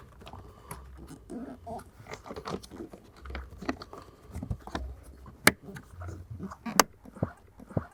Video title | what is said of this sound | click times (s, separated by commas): Volvo XC90 Cabin Air Filter Replacement (2016-2021 SPA Volvo XC90 T5 Momentum, T6 Inscription, T8) | the box oh wait for those two clicks then lock your two locking tabs remember | 5.5 s, 6.8 s